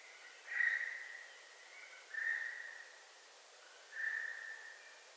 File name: Garrulus glandarius